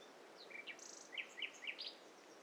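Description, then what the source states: Several birds calling together: short chirps, a brief buzzy note and a few quick slurred tweets overlap against soft background hiss. Mixture of several birds calling at once.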